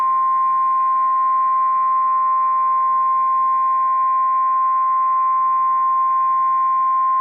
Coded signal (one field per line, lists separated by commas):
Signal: Emergency Alert System (SAME) tones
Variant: 1050 Hz attention tone